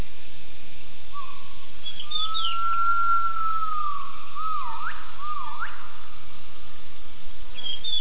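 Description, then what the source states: Gibbon whistled calls: long whistled notes, then two sharp upward swoops, over a constant pulsing insect chorus higher up. Gibbon vocalizations from a triangulation study.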